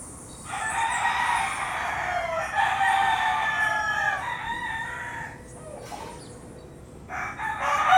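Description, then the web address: Chicken: roosters crowing, crows running together for several seconds, then another crow begins near the end. Several roosters crowing at dawn in Puerto Rico. "puerto rico coqs aube PRico"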